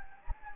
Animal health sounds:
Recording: mosquito wingbeat signal from an infrared sensor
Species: Anopheles gambiae

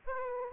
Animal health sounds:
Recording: mosquito wingbeat signal from an infrared sensor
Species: Aedes aegypti

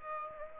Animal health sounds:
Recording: mosquito wingbeat signal from an infrared sensor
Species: Aedes aegypti

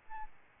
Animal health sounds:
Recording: mosquito wingbeat signal from an infrared sensor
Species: Aedes albopictus

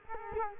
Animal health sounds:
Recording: mosquito wingbeat signal from an infrared sensor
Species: Culex quinquefasciatus

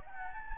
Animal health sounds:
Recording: mosquito wingbeat signal from an infrared sensor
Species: Anopheles gambiae

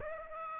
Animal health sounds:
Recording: mosquito wingbeat signal from an infrared sensor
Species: Aedes aegypti

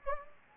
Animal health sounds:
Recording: mosquito wingbeat signal from an infrared sensor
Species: Anopheles gambiae

